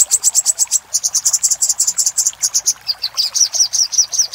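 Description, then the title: Little spiderhunter song: a steady, rapid stream of high, sharp notes, dropping slightly in pitch partway through. Master recording for training cage birds. "Masteran Burung Sogok Ontong Labaik"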